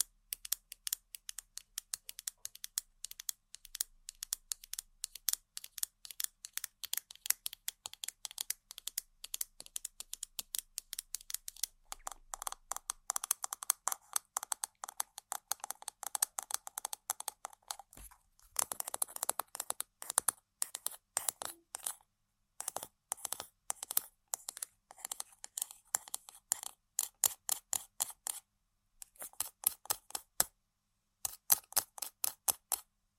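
Rapid tapping and scratching on objects, dense bright clicks in quick irregular bursts, broken by brief pauses near 18, 28 and 30 seconds.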